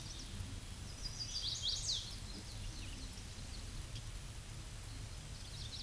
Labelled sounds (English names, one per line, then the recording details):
Eastern Wood-Pewee song
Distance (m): 45 m
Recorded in a Pennsylvania forest on 18 May 2023 at 13:36
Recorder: AudioMoth, point grid1_40_low
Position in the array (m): 166 m, 172 m